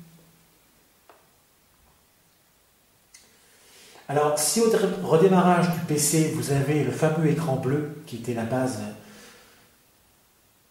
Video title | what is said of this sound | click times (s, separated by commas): comment réparer un pc | Vous enfoncez jusqu'au clic de fermeture | 1.1 s, 3.2 s